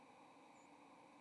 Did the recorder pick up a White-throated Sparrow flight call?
no